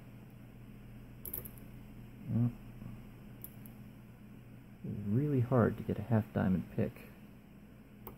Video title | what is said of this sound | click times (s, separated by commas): (85) Burg Wächter E700 Lock Guard picked | No, but we've got a click there. So hopefully that means it's set. | 8.1 s